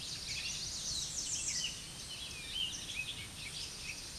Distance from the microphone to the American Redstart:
about 20 m